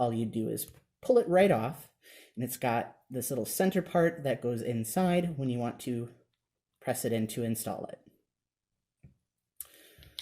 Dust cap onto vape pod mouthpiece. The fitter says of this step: we'll replace that little dust cap that clicks into place